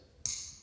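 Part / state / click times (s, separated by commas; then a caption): folding knife blade into its lock / seated / 0.3 s. A folding pocket knife blade is swung open until its lock engages, giving a single short, bright metal click at 0.3 s that rings off over the next few tenths of a second. The blade locks itself open so it won't close back on the hand.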